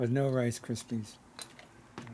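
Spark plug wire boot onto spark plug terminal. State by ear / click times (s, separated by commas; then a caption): seated / 2.0 s. Someone talks while the second spark plug wire boot is pressed onto its spark plug terminal on a 1979 93ci Harley Shovelhead FL/FX motor being rebuilt, with a few faint ticks after the talking. A small snap at 2.0 s marks the boot seating on the plug.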